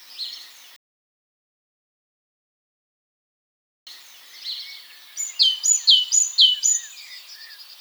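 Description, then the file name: Great tit giving a quick run of high, clipped notes after a break in the sound, with soft chirps beforehand. "Parus major"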